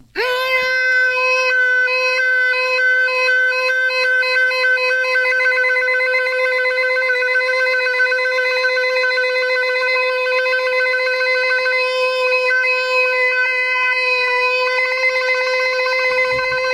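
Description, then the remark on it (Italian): A voice imitates a siren, holding one loud, piercing, high tone almost without a break for about sixteen seconds, with a bright, buzzing, slightly warbling edge. “Cioè, una sirena, sembra una follia, sì, ma no, stiamo studiando veramente la voce”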